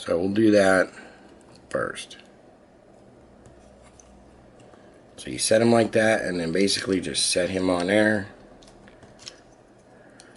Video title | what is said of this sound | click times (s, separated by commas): Transformers TRU Exclusive SOUNDWAVE Masterpiece MP-02 review and transformation | doesn't click in no | none